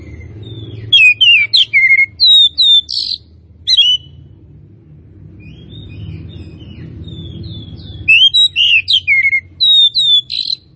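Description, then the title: Oriental magpie-robin song in two separate bursts of sweet whistles, slurred notes and a rasping note, with a long quiet gap filled by low background noise. Tretes; bird described as singing actively (gacor). "Kacer Tretes Gacor"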